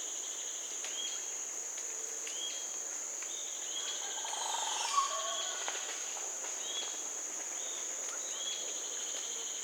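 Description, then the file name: Crested oropendola gives one descending gurgling sweep ending in liquid notes near the middle, set against constant shrill insect buzzing and scattered short whistles. "cacique crestado - psarocolius decumanus"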